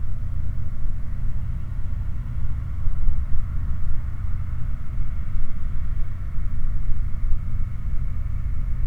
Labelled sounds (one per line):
machinery
flare stack